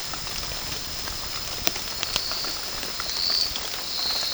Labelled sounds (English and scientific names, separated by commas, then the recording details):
none
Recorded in pastures near Puerto Asís, Putumayo, Colombia, on 30 June 2025 at 17:00
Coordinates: 0.466, -76.322
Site GP07